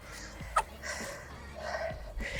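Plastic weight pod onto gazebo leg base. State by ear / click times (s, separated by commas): seated / 0.6 s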